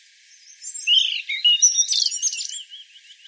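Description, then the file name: European robin song: one short, bright phrase of high warbled notes and quick trills, rising out of quiet. "Erithacus rubecula"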